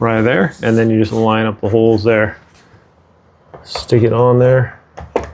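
Someone talks while lining up an aosu 3K wireless outdoor solar security camera body with the holes of its plastic wall bracket, held on by three screws, and sticking it on. Brief handling knocks are heard near 3.5, 5.0 and 5.2 seconds. Nothing has snapped into place yet; the camera has not been slid down to lock onto the mount.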